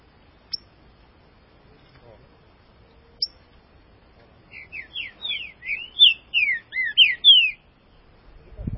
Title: Trinca Ferro